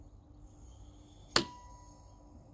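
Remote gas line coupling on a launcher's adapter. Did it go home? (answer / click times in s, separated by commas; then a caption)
yes / 1.4 s. A remote gas line and HPA tank, attached through an MCS adapter to a modded Umarex T4E HDB / HDR68 / TR68 launcher, are pressurized. After a quiet stretch of low background noise, one sharp click sounds at 1.4 s, followed by a brief fading ring. The remote line coupling seats under pressure, leaving the launcher gassed up and ready.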